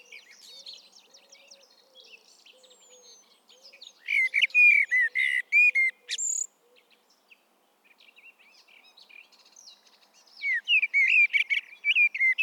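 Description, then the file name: Common blackbird fluting song phrases with high squeaky flourishes, two phrases about six seconds apart, over a repeated low soft hoot and bird chatter. "Turdus merula"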